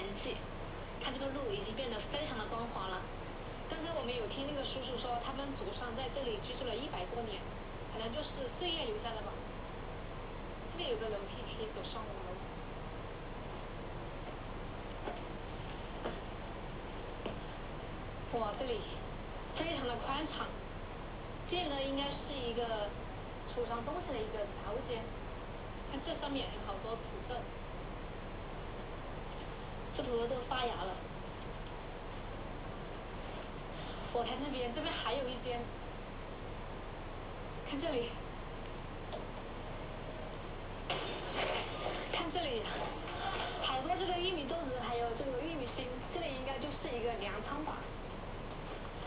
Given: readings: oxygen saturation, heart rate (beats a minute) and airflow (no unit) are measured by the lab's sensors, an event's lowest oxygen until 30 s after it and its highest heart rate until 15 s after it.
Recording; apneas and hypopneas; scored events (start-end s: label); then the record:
a person awake in a sleep study, by a voice recorder at the bedside; none
0.00-49.07 s: awake
From the record:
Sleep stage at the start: awake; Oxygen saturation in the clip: 93 to 94%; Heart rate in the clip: 60 to 64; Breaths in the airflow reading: 16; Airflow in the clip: -4.2 to 4.5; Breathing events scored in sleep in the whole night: 476 in 9.7 hours asleep